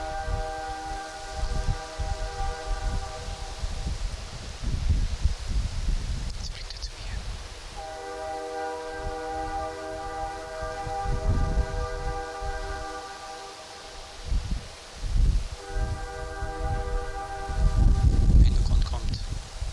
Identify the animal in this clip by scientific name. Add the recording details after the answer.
Cervus elaphus. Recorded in the wild. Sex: diverse. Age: adult. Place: Banff National Park, Rocky Mountains, Alberta, CA. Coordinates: 51.1781, -115.556. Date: 1991-09-19 20:15. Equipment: Sony WM-D6C, Sony ECM-939 LT (Stereo), Kopie Uher 4400 IC. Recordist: Frommolt, Karl-Heinz. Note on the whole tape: Tunnel Mountain Village I Campground: Brunftrufe. 2 Männchen rufend - ungeschnittene Aufnahme. Rufe der Hirschkuh (fiepende Laute). Hirsch mit einer Kuh. Geweihwetzen. Distanz minimal 20 m (Großteil der Aufnahme)